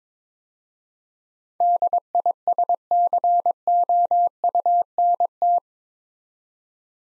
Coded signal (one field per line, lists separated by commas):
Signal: Morse code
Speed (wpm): 22 wpm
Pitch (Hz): 700 Hz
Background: none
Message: DISCOUNT